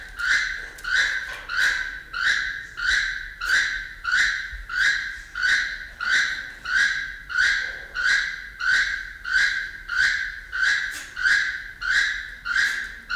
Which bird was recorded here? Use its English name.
Keel-billed Toucan